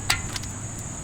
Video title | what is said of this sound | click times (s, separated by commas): StopTech Brake Install On My Wife's BMW E84 X1 (While She's Gone) | we should here let me get a light here we should hear it click | 0.1 s